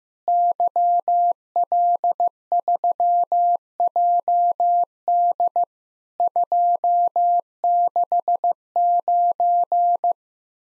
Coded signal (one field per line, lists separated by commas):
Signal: Morse code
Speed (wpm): 16 wpm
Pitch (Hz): 700 Hz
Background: none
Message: YL3JD 269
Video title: Worked All Europe DX Contest QTC Exchange 15wpm